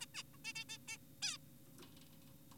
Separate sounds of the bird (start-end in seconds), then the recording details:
0.01-0.06, 0.15-0.23, 0.34-0.38, 0.45-0.53, 0.56-0.64, 0.69-0.78, 0.88-0.97, 1.22-1.38. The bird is an adult. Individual g4p5U